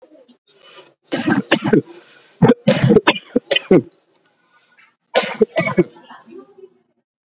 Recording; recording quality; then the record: heavy voluntary cough; excellent, no background noise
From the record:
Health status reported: recovered from COVID-19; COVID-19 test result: positive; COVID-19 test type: RT-PCR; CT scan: not taken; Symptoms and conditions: cough, asthma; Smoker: no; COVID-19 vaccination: both doses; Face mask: worn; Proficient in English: yes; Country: India